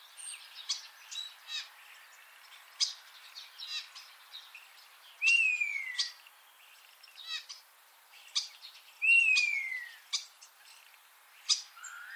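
Common starling song: sparse dry clicks and ticks, broken by two loud, clear whistles sliding downward, about four seconds apart.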